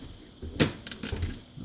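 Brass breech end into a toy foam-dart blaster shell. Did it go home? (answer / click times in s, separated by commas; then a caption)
yes / 0.9 s. The brass breech end is pressed into the plastic shell of a foam-dart blaster until it locks. After a burst of handling noise around 0.6 seconds, two quick snaps come close together at 0.9 and 0.9 seconds, and the breech end seats firmly in place.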